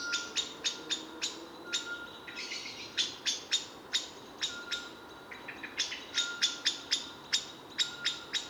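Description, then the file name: Common blackbird uttering hard, clipped chink calls in quick irregular series of several notes per second, a thin steady tone audible in the gaps. "Turdus merula"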